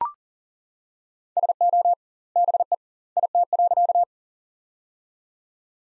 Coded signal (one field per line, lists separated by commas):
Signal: Morse code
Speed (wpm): 40 wpm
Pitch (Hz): 700 Hz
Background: none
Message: SO BE IT.